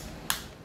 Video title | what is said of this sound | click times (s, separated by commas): 3 in 1 GS Vaper Reviews Innokin Proton, Innokin Enura and Innokin Kroma | I like the click. | 0.3 s